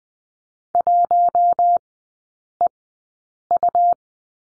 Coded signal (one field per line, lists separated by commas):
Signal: Morse code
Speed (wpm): 20 wpm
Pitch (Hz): 700 Hz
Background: none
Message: 1EU